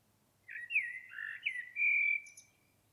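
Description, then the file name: Common blackbird delivering one fluted, mellow phrase of slurred whistles that ends in a long, steady, clear note with a faint high squeak. "Turdus merula"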